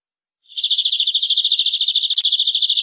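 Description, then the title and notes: Canary trilling after a short silence, a rapid run of bright, evenly repeated notes at a steady high pitch, with a faint thin overtone above. "BM Suara Kenari. BM Suara Burung Kenari"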